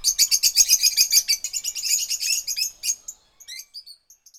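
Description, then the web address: Bird chirping: fast, high twittering notes in a dense burst that thins to a few scattered chirps, then trails off. Jungle. "best service Blue Box birds birds jungle"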